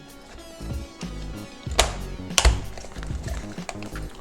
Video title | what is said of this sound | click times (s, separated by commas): Do it yourself! Displaytausch / Reparatur vom Audi TT 8N | It then snaps into place here. | 1.8 s, 2.4 s